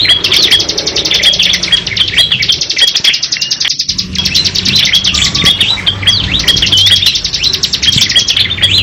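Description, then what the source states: Lovebird with long rapid scratchy chatter, pausing briefly near the middle before resuming the continuous rattling run, mixed with sharp chirps over a low hum. Long continuous chatter song style called ngekek panjang.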